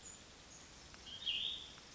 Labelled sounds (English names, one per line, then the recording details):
Cassin's Vireo
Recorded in Sonoma County, California